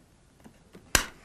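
A helmet side pod (Arai J-Type) is tested on the visor base plate after being let go. Two faint ticks come at about 0.45 s and 0.75 s, then a sharp snap at 0.95 s as the side pod pings back off the base plate. It does not stay on.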